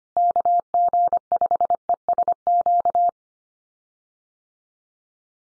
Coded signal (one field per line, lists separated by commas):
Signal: Morse code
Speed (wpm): 25 wpm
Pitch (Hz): 700 Hz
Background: none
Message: KG5ESQ